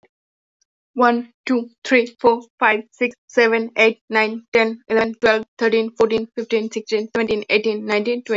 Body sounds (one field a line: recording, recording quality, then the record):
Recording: counting at a fast pace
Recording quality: excellent, no background noise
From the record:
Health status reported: exposed to COVID-19, no respiratory illness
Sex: female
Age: 22 years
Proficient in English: yes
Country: India